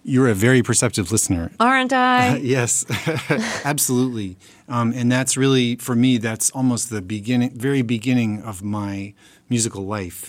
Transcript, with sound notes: You're a very perceptive listener.
Aren't I?
Yes (laughter), absolutely. And that's really - for me, that's almost the beginning - very beginning of my musical life,